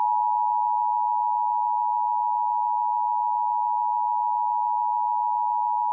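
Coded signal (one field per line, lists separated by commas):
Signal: Emergency Alert System (SAME) tones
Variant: 853 and 960 Hz attention tone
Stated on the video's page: Fictional troll EAS scenario, not a real alert.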